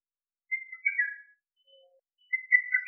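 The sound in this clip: Lesser cuckoo giving short whistled notes near one pitch, in two quick clustered phrases separated by a pause, over an otherwise silent background.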